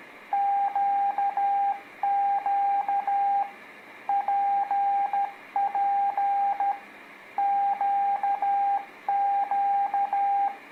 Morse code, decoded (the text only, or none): QQ PP QQ